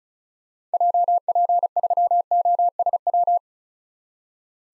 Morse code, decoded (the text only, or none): JP3OSW